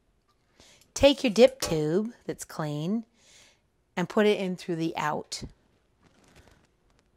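Someone talks while a clean metal dip tube is handled and fed through the "out" opening of a keg, with a few faint, brief handling knocks before and after the talking. The tube has notches on either side that lock it in place, but nothing has seated or clicked yet; the clip ends before it goes home.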